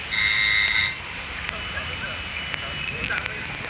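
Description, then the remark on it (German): The doorbell of a house rings once with a loud, steady, bright electric buzz lasting about a second, then cuts off, leaving a quiet background with a few faint clicks. “Dann klingel.”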